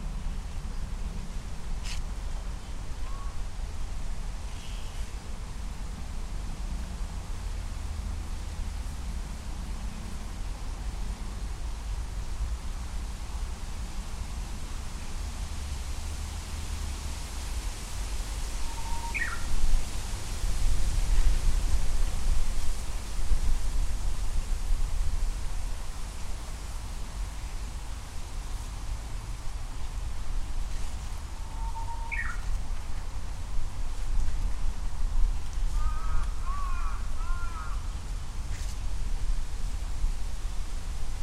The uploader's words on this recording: With a Sony PCM-M10 recorder and Micbooster Clippy EM172 stereo mics attached to a bicycle handlebar bag. Japanese bush warbler (uguisu, 鶯), pheasant (kiji, キジ), crow (karasu, カラス), and traffic sounds.